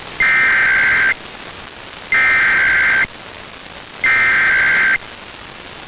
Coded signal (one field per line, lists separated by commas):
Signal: Emergency Alert System (SAME) tones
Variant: header bursts